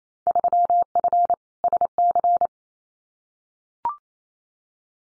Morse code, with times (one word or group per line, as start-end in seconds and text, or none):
0.3-1.3 3F
1.6-2.5 SC